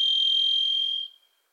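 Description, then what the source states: Varied thrush: a long, level, buzzy whistled note, typical of a varied thrush, fading away after about a second. Wild bird singing, hard to locate, from deep within Pacific Northwest forest; voice likened to 'Listen. Listen. Listen.'.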